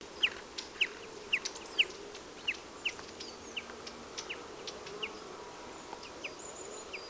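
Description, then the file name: Common chaffinch giving a series of short, sharp call notes, louder at first and then fading, over steady background hiss. "Fringilla coelebs"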